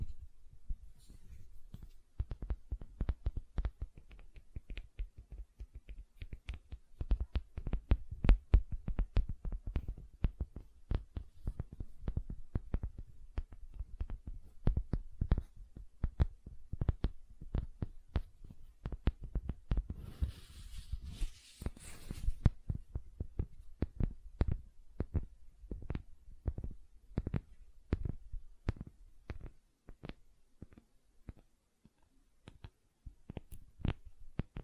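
Gentle silicone sounds: a steady run of soft, thumpy taps and squishes, several per second, with a dull low body and a faint crisp edge. Around twenty seconds a brief airy rustle passes under the tapping.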